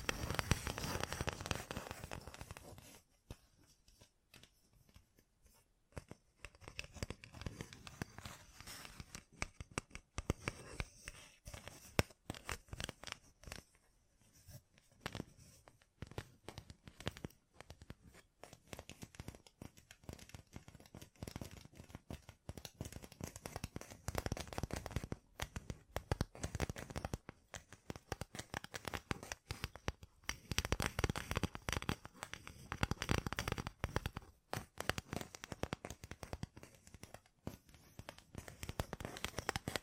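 Gem covered fingertips tap and scratch in quick, irregular bursts, crackly and bright with a papery, crinkling texture. Dense stretches of rapid scratching alternate with sparser moments, including a quieter gap near three to five seconds, before the activity builds again toward the end.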